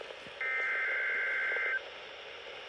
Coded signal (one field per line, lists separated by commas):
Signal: Emergency Alert System (SAME) tones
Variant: header bursts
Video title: Upton SQW (EAS #154)